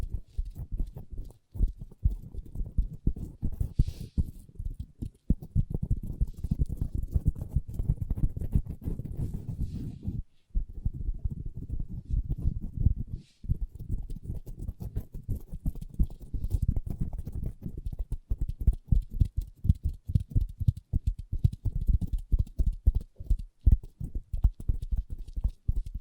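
Long nails tap and scratch on a table in rapid, dense bursts that run almost continuously for the whole stretch. The clicks are mostly dull and low, with brief pauses near 1.5, 10 and 13 seconds and a few faint brighter scrapes early on.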